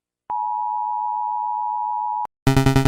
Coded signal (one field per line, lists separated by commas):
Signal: Emergency Alert System (SAME) tones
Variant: 853 and 960 Hz attention tone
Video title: Series 1 Of EAS Alarms Animated (FULL COLLECTION)